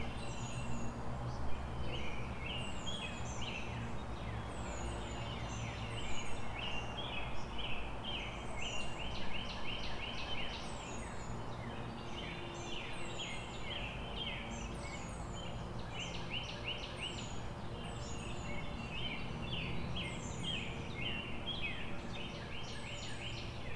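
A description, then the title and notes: Small birds chirp and twitter steadily over a backyard, with quick bright calls repeating every second or so throughout. Underneath, a constant low rumble of road traffic and a droning mower fill the background, swelling slightly around six seconds. 5 p.m. EDT, backyard, Charlottesville Va USA. Field recording of my backyard. Some bird, road sounds. A mower.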